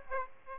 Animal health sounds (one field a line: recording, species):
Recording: mosquito wingbeat signal from an infrared sensor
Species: Aedes aegypti